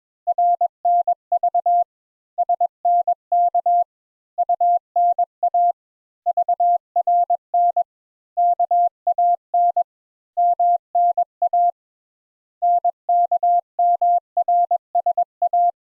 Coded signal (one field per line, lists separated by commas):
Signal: Morse code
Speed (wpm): 21 wpm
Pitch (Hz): 700 Hz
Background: none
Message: RNV SNK UNA VRN KAN MNA NKMRSA